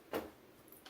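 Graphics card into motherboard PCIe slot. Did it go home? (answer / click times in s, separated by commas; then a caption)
no / none. A graphics card is being handled over a motherboard's PCIe slot while the motherboard is not yet in a case. A broad rustling burst around 0.15 s and brighter, higher-pitched scrapes near 0.7 and 0.9 s are heard. The card has not yet been pushed home, and nothing has seated or clicked yet.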